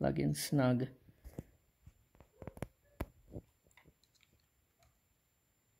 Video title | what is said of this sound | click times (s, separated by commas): 2004 Mercedes E500, W211, Passenger Side Mirror Cover, Replacing with Howell WE-M0126AC - Connector? | just kind of you just have to plug it in and there's this Gap around so it doesn't lock into place | none